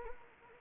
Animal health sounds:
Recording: mosquito wingbeat signal from an infrared sensor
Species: Anopheles gambiae

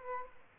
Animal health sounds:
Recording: mosquito wingbeat signal from an infrared sensor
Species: Aedes aegypti

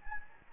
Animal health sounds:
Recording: mosquito wingbeat signal from an infrared sensor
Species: Anopheles gambiae

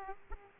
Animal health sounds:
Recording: mosquito wingbeat signal from an infrared sensor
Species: Aedes aegypti

